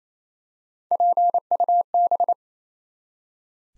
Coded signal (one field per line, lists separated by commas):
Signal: Morse code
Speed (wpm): 27 wpm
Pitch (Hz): 700 Hz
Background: none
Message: PUB